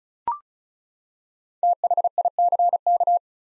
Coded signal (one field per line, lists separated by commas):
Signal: Morse code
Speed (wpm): 36 wpm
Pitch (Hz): 700 Hz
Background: none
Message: THICK